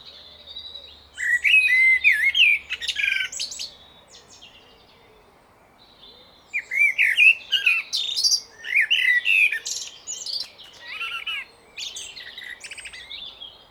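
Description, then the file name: Common blackbird song in two long bursts of fluted warbles mixed with scratchy high twittering notes, separated by a quiet pause of a few seconds. "Turdus merula"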